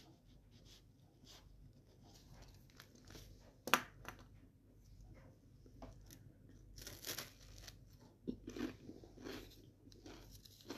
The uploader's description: Making crunchy sandwiches and eating them.